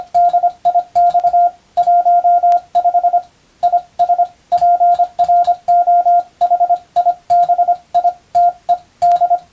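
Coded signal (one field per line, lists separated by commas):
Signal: Morse code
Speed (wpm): 25 wpm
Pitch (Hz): 700 Hz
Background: radio noise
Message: DIX 15 IS PROHIBITED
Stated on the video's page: Morse practice in the style of the Japanese radiotelegraph operator exam, using English-language telegram practice texts, keyed for receiving practice.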